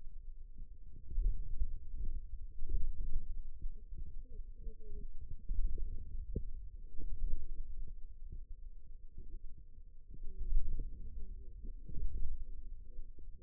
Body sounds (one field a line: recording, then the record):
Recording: forearm muscle sounds (acoustic myography)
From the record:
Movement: wrist extension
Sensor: system 2, bracelet of six BSWA MPA416 microphones around the upper forearm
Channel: 3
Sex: female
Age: 21 years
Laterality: right